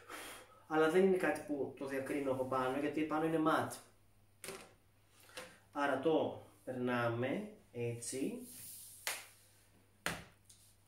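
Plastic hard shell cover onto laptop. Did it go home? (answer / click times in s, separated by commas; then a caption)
yes / 10.1 s. A plastic full-body hard shell cover is passed over an Apple MacBook Pro 16" 2019 laptop and snapped on. Someone talks, then after a few handling sounds, a sharp click at 10.1 s marks the cover clipping into place, seated.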